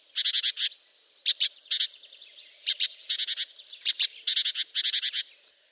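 Great tit calling with scratchy, buzzy chatters in short clusters, a sharp thin whistle slipping in before some bursts, four bouts within a few seconds.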